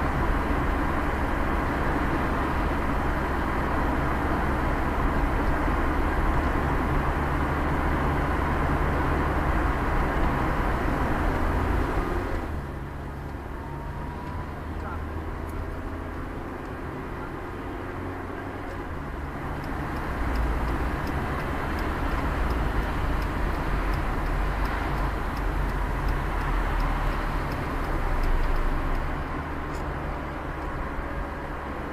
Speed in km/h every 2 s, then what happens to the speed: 25, 22, 17, 16, 10, 9, 0, 0, 0, 0, 0, 0, 0, 0, 0, 0.
0-12 slows to 0. 12-32 standing.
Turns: none.